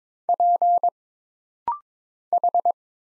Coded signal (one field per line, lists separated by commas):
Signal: Morse code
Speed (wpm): 22 wpm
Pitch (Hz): 700 Hz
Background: none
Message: P H